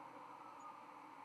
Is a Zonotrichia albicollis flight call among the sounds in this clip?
no